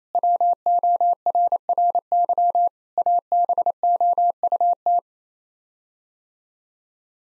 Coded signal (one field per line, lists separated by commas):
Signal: Morse code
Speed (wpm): 28 wpm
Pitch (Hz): 700 Hz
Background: none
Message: WORRY ABOUT